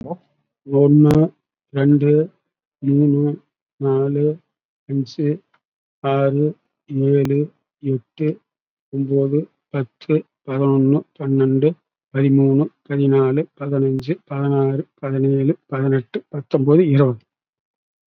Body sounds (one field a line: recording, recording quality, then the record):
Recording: counting at a normal pace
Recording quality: excellent, no background noise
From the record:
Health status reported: COVID-19 positive, mild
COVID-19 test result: positive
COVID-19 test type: RT-PCR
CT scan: not taken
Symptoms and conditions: hypertension, diabetes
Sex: male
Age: 70 years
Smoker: no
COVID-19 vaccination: none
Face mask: worn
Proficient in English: no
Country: India